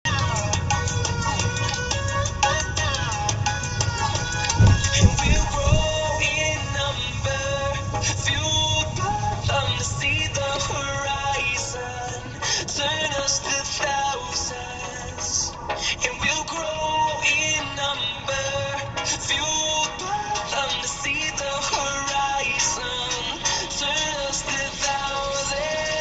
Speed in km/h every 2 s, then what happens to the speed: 15, 15, 15, 16, 10, 2, 0, 0, 0, 0, 0, 0, 0.
0-7 steady at about 15. 7-10 brakes to 2. 10-26 standing.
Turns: none.